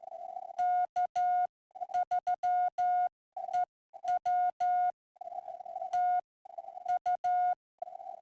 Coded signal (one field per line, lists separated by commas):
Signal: Morse code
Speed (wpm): 12 wpm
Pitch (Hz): 720 Hz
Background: none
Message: K3EW TU